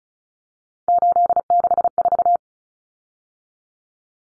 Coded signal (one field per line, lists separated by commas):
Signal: Morse code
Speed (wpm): 34 wpm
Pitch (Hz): 700 Hz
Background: none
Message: 864